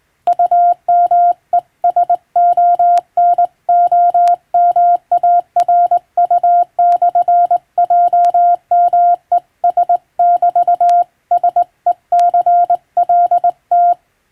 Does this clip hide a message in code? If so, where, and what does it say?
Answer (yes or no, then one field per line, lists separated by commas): yes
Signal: Morse code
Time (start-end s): 0.3-13.9 s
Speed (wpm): 21 wpm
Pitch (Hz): 700 Hz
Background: none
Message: UMESONOMARU/JMES <BT> SECLT